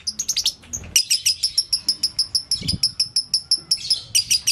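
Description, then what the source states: Lovebird song: fast, shrill chirps repeated steadily, with a faint low thump partway through. Song used to train other birds; song style known locally as konslet.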